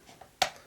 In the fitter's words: They'll kind of snap into place.